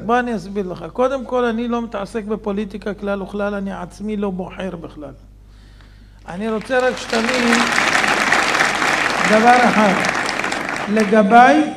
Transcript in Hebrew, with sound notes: בוא אני אסביר לך, קודם כל אני לא מתעסק בפוליטיקה כלל וכלל! אני עצמי לא בוחר בכלל!! [הקהל מוחא כפים!] אני רוצה רק שתבין דבר אחד, לגבי...